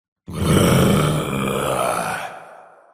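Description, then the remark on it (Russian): A deep, rough growl from the monster Trashadon rumbles for about two seconds, loud and gravelly with a low throaty pitch, starting abruptly and slowly fading out, with no talking. “Зарычал Трэшадон и отступил немного назад, явно чтобы взять разгон.”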